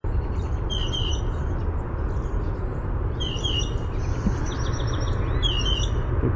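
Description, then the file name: Blue jay calls, a creaky, squeaky phrase given three times at roughly two-second intervals, with thin high bird notes between them and a steady low hum. Pumphandle call. "BLJA pumphandle"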